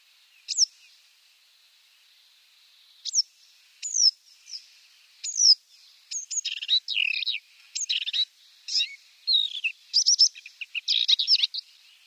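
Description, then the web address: Paddyfield warbler song opening with a few isolated sharp rising notes, then building into a quicker jumble of chattering and whistled phrases. "Schulze Peter Paddyfield Warbler song"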